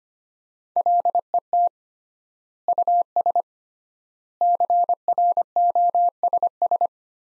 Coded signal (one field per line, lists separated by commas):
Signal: Morse code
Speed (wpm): 25 wpm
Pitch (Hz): 700 Hz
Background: none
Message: LET US CROSS